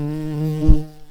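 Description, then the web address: Tree bumblebee buzz: a steady, low, droning hum rich in overtones, broken by a short loud thump just past halfway before the tone fades slightly. Queens. "Hypnorum queens"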